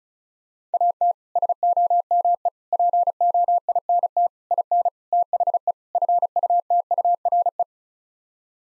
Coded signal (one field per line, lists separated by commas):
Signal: Morse code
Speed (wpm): 36 wpm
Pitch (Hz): 700 Hz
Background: none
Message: AT SOME POINT IN THE FUTURE